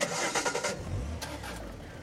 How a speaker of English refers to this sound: Oh, look at this. Look. Traffic's starting to go in both the other lanes now, and we are still not moving.